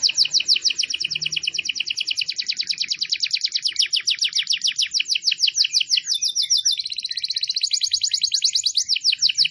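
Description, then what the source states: Domestic canary giving a sustained fast trill of repeated sweeping notes, changing phrase a few times. Bird lure recording (pikat burung) of canary song.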